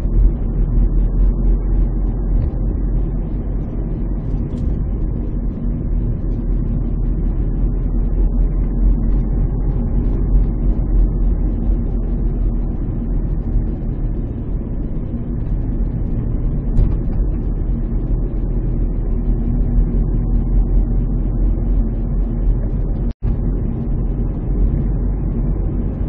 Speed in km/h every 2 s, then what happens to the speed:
34, 33, 31, 32, 33, 30, 29, 29, 29, 30, 33, 35, 34.
0-12 steady at about 32. 12-22 speeds up to 35.